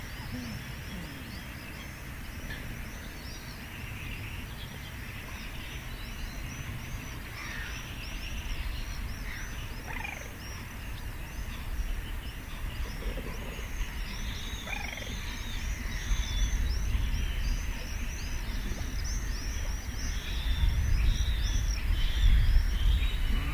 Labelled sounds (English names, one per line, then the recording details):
Little Crake call
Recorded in the wild
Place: Kützerhof, Kummerower See, Mecklenburg-Vorpommern, DE
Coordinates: 53.8583, 12.85
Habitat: wetland
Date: 2009-05-27 21:34
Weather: heiter, schwacher Wind aus West, ca. 15°C
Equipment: Sound Devices 702, Sennheiser MKH 70, Rycote Windschutz
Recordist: Frommolt, Karl-Heinz